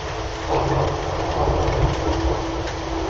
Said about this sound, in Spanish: Pero como pueden escuchar, la tromba de agua es muy fuerte, muy contundente, y los truenos no se quedan atrás.